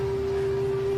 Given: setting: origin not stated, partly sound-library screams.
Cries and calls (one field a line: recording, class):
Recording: one-second piece from a danger detection set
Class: normal situation